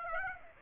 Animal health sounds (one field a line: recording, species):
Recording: mosquito wingbeat signal from an infrared sensor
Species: Aedes aegypti